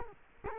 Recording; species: mosquito wingbeat signal from an infrared sensor; Culex quinquefasciatus